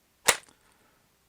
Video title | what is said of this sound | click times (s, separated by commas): SainLogic Mini Chainsaw Review. What Makes It Different? | and locks into place, much like any other standard cordless tool that you'd be familiar with. | 0.3 s